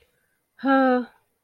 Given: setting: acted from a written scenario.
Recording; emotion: vocal sound without words; relief